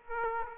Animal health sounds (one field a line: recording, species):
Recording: mosquito wingbeat signal from an infrared sensor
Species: Aedes aegypti